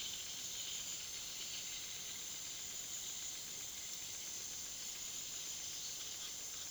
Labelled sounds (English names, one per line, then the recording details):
Speckled Chachalaca
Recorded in pastures near Puerto Asís, Putumayo, Colombia, on 20 February 2024 at 07:30
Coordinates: 0.497, -76.327
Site G7276